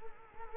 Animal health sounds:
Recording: mosquito wingbeat signal from an infrared sensor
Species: Culex quinquefasciatus

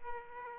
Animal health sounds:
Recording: mosquito wingbeat signal from an infrared sensor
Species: Aedes aegypti

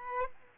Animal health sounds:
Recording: mosquito wingbeat signal from an infrared sensor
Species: Aedes aegypti

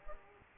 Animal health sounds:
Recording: mosquito wingbeat signal from an infrared sensor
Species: Aedes aegypti

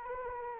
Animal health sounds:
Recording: mosquito wingbeat signal from an infrared sensor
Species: Anopheles arabiensis

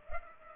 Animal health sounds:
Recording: mosquito wingbeat signal from an infrared sensor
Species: Culex pipiens

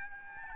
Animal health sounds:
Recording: mosquito wingbeat signal from an infrared sensor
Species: Aedes albopictus

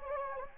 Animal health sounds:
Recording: mosquito wingbeat signal from an infrared sensor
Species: Anopheles gambiae

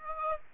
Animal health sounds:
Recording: mosquito wingbeat signal from an infrared sensor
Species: Aedes aegypti

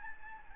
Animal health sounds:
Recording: mosquito wingbeat signal from an infrared sensor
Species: Aedes albopictus

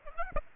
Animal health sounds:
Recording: mosquito wingbeat signal from an infrared sensor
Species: Aedes aegypti

